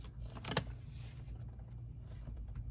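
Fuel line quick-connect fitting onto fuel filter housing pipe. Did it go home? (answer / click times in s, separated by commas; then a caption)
no / none. A fuel line quick-connect fitting is handled on the fuel filter housing of a 2019+ Sprinter; it is being turned so its notch faces the pipe opening before being pushed down onto the pipe. Low background rumble runs throughout, with brief handling knocks near 0.5 and 0.6 seconds and faint rustles later. Nothing has seated or clicked yet.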